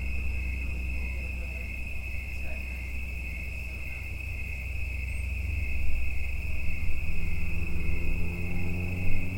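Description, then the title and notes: Insect chorus as a high, unwavering buzz, with low rumbling that swells in the last few seconds. Insects giving mating calls in the evening in late summer and autumn at Watts Ranch in the United States; insects near the end of their lives. "Autumn insects on Watts Ranch. In much of the United States, insects start calling in the evening in late summer and into autumn. Part of the Music for Sleep project"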